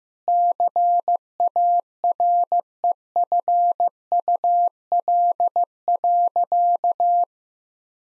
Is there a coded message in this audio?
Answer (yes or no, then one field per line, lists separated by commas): yes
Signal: Morse code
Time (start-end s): 0.3-7.2 s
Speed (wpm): 16 wpm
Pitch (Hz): 700 Hz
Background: none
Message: CAREFUL.